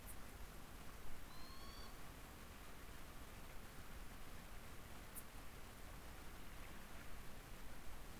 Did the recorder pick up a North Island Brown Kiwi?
no